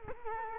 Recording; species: mosquito wingbeat signal from an infrared sensor; Culex quinquefasciatus